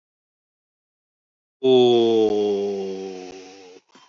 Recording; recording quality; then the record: sustained vowel as in boot; excellent, no background noise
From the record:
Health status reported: healthy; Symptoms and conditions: diabetes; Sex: male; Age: 54 years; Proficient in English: yes